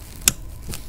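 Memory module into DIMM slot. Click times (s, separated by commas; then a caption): 0.3 s. A DDR3 server memory module is pushed down into its DIMM slot on the board of an HPE ProLiant BL465c Gen 8 blade server. A sharp, bright click at 0.3 s confirms the module is fully seated, since it can feel seated before it actually is, and a fainter click follows around 0.7 s.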